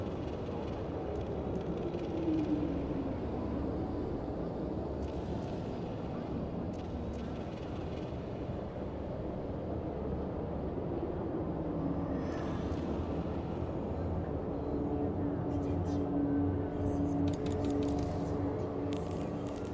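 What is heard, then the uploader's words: A futuristic city ambience of steady, dense low rumble, with passing vehicle-like hums, faint voices, and brief bright clicks scattered throughout. Futuristic city ambience.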